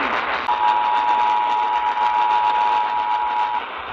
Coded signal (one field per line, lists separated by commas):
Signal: Emergency Alert System (SAME) tones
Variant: 853 and 960 Hz attention tone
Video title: Lucky Number 4! EAS Alerts From July 28, 2022